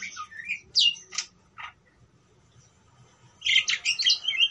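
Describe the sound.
Parakeet calls: a few sharp squeaky chirps at the start, a near-silent pause, then a loud burst of warbled chatter.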